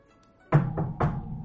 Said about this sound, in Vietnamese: Đúng lúc này, ngoài cửa truyền tới một tiếng gõ, không nặng cũng chẳng nhẹ.